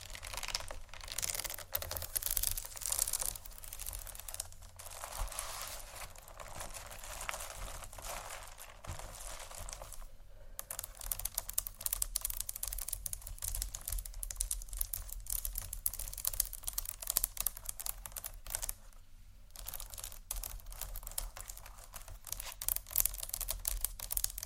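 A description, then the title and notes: Beads and pearls rattle and click against each other in a dense, rapid patter of tiny bright ticks that runs almost without a break. The clatter swells and thins unevenly, with brief near-silent gaps around ten and nineteen seconds, and a faint low hum underneath. ASMR Beads And Pearls（No Talking）.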